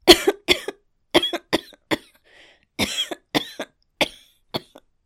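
About nine short, sharp cough bursts come in irregular clusters over five seconds, each a harsh explosive burst with a brief tail. An acted adult woman's dry-sounding cough.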